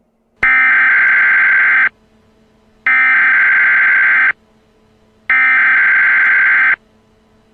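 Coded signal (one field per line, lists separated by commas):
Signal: Emergency Alert System (SAME) tones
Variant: header bursts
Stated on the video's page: Simulated Emergency Action Notification, a mock alert.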